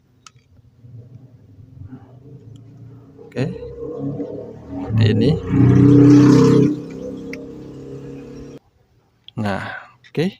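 During a Vivo Y12 repair, a phone flex cable connector is lined up on the motherboard socket, checked by feel for fit, and pressed down. It snaps into place with a sharp short click at 0.3 s, leaving it seated straight with no tilt to the left or right. Afterward someone talks over a low background rumble.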